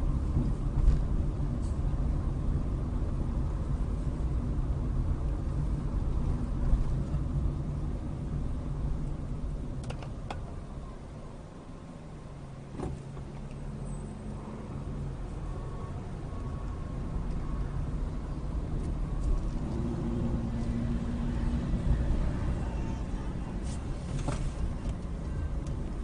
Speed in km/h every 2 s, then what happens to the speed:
23, 23, 23, 19, 13, 0, 0, 6, 16, 19, 19, 21, 19.
0-10 slows to 0. 10-13 standing. 13-16 pulls away to 16. 16-26 steady at about 19.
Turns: none.